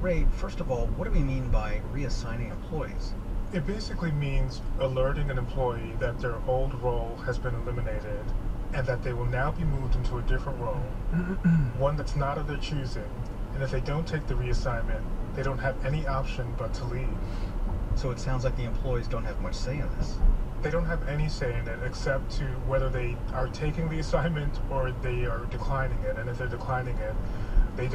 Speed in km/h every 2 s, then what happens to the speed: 40, 40, 42, 42, 40, 42, 42, 42, 44, 44, 44, 47, 47, 48.
0-28 speeds up to 48.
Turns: none.